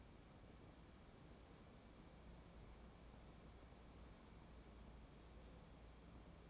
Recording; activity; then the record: daily activity, microphone in the room; wipe stove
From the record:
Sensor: 1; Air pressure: 1012.5 hPa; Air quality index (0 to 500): 144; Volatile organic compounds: 2 ppm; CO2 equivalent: 1186 ppm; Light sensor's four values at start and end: 4389/8547/4313/4464 and 4384/8536/4307/4456